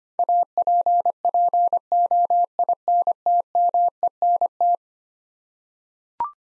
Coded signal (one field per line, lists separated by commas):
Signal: Morse code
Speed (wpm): 25 wpm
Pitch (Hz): 700 Hz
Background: none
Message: APPOINTMENT